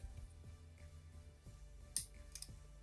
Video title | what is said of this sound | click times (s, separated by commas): TRANSFORMERS TITANS RETURN SIEGE ON CYBERTRON METALHAWK | you hear a satisfying click | 2.0 s